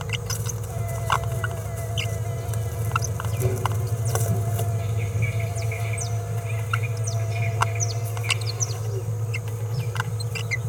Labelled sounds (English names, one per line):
Green-rumped Parrotlet babbling